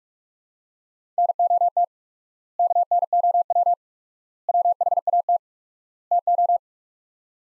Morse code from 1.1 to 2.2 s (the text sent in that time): NOT